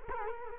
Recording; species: mosquito wingbeat signal from an infrared sensor; Culex quinquefasciatus